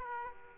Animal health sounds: mosquito wingbeat signal from an infrared sensor; Aedes aegypti

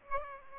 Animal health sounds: mosquito wingbeat signal from an infrared sensor; Aedes aegypti

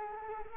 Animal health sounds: mosquito wingbeat signal from an infrared sensor; Culex quinquefasciatus

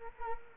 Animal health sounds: mosquito wingbeat signal from an infrared sensor; Culex quinquefasciatus

